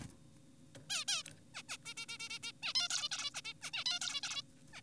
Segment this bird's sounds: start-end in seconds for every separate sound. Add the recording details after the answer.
0.02-0.07, 0.90-1.05, 1.08-1.23, 1.37-1.40, 1.54-1.62, 1.69-1.77, 1.86-1.94, 1.97-2.06, 2.09-2.18, 2.20-2.29, 2.30-2.39, 2.43-2.52, 2.63-2.74, 2.75-2.88, 2.90-3.08, 3.12-3.30, 3.34-3.42, 3.45-3.54, 3.62-3.71, 3.74-3.84, 3.86-4.00, 4.02-4.21, 4.24-4.42, 4.73-4.81. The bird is an adult. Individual g4p5U